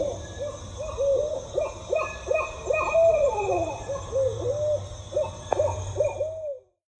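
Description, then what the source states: Barred Owls calling together, a rapid run of overlapping hoots and descending wails, excited and raucous, ending abruptly. A rambunctious group of owls, riled up at a rescue in Illinois; call likened to 'who cooks for you'.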